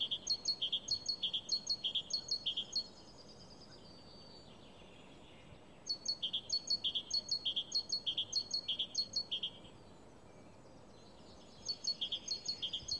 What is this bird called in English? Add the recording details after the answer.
Great Tit. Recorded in the wild. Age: adult. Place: Kärnten, AT. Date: 1972-04-29. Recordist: Brunner, Thomas